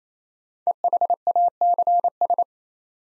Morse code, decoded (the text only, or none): EHACS